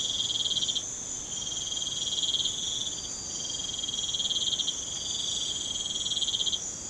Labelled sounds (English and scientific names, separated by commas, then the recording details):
none
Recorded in pastures near Puerto Asís, Putumayo, Colombia, on 12 March 2025 at 03:00
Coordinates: 0.505, -76.324
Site GP08